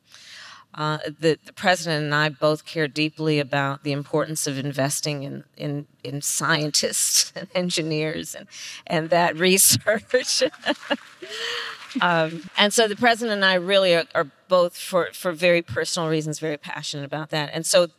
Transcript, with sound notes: The President and I both care deeply about the importance of investing in -- in scientists, in engineers, and that research. [Laughs.] And so the President and I really are both, for very personal reasons, very passionate about that.